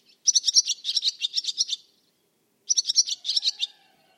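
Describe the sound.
Barn swallow twittering calls: a rapid burst of high, scratchy chirps lasting about one and a half seconds, a short pause, then a second briefer burst.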